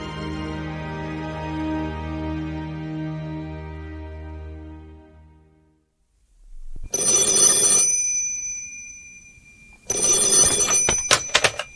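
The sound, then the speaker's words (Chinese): Sustained tonal music fades into silence, then an old telephone bell rings twice in loud, harsh, rattling bursts for a call from Nanjing, with a short pause between the rings. “南京来电”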